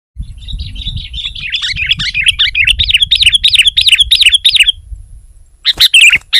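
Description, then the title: Sooty-headed bulbul with a fast run of warbled, wavering notes, about three per second, then a few loud sharp chirps; low background rumble in the first part. "kutilang"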